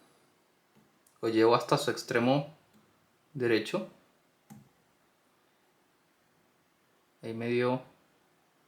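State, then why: Seated. While someone talks, the third disc of an Anchor Las 810-1 disc-detainer padlock is rotated to the far right under tension during picking. A small, sharp click sounds at 4.5 s as the disc drops into a gate and seats, even though gates can sometimes be false.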